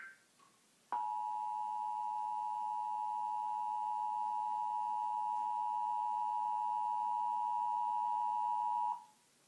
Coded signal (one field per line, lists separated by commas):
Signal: Emergency Alert System (SAME) tones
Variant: 853 and 960 Hz attention tone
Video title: Iowa Required Monthly Tests (EAS #303-304)